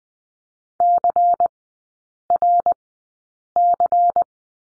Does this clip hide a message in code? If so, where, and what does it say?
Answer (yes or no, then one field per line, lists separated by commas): yes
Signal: Morse code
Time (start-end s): 0.8-4.2 s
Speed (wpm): 20 wpm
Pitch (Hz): 700 Hz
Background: none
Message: CRC